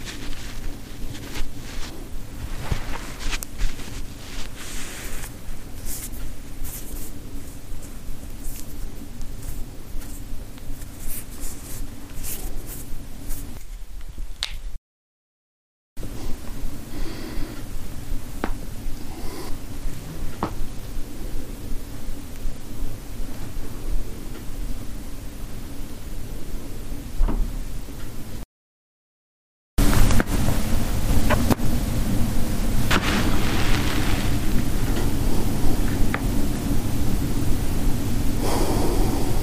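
Joints and bones cracking and knacking, heard as scattered short clicks and pops over a steady low hum. The recording comes in three parts split by brief silences near 15 and 29 seconds, and the final part is louder and fuller.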